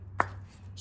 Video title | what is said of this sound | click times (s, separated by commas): Episode 63 2009 Police Special Removing and installing new spark plugs | spark plug gap you heard it pop off these usually aren't in here too tight | 0.2 s